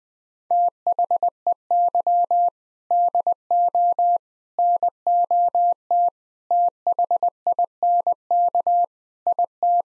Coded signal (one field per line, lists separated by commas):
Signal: Morse code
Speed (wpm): 20 wpm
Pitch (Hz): 700 Hz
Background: none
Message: THEY DO NOT THINK IT